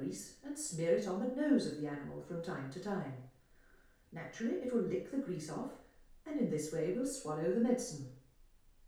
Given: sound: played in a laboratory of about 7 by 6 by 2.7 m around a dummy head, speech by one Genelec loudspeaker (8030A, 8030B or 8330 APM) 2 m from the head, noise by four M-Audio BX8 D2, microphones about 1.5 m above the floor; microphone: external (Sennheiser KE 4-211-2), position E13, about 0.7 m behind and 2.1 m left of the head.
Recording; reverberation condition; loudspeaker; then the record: female speech in English; medium; 30 degrees to the left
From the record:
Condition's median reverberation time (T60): about 510 ms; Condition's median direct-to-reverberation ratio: about -0.5 dB